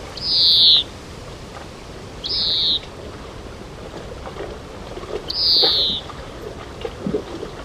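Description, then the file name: European greenfinch giving three drawn-out, nasal, slightly falling wheezes a few seconds apart. "Chloris chloris"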